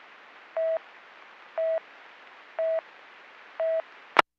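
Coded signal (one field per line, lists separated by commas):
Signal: none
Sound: radio talk-permit beeps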